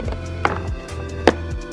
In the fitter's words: now I just put pressure until I hear a snap.